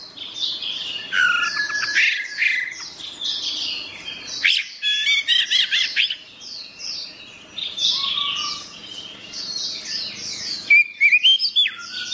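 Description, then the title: Orange-headed thrush singing a long, jumbled run of high scratchy notes mixed with clear whistles, pausing briefly and then resuming with rapid chips and a rising whistle. "Anis Merah"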